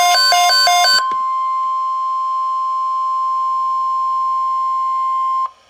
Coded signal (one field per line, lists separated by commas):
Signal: Emergency Alert System (SAME) tones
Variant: 1050 Hz attention tone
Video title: EAS #8 - TORNADO WATCH #704 on NOAA Weather Radio (KEC56 - Dallas TX) [November 4, 2024]